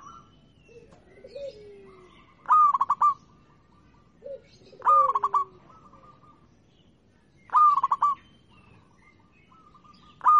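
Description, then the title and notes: Zebra dove song: short bursts of rapid, stuttering coos near one pitch, repeated about every two and a half seconds, with a soft lower descending note between phrases. Local (lokal) zebra dove singing. "Kicau Perkutut Lokal 1. Kicau Burung Perkutut"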